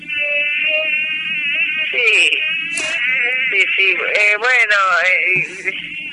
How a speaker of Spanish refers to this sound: estás entonces en el Jardín Botánico, rodeado de mosquitos.